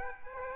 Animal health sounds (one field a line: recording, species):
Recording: mosquito wingbeat signal from an infrared sensor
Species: Aedes aegypti